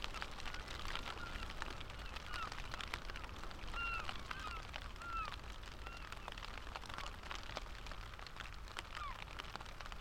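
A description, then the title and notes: Rain falls steadily, a dense, even hiss of drops with frequent sharp taps scattered throughout. Brief chirping birdcalls appear now and then, clearest around four and five seconds, over a low rumble underneath. Travel with the rain as it falls, on a wide open coastal landscape, a walled garden in London, and on high moorland woods in Derbyshire.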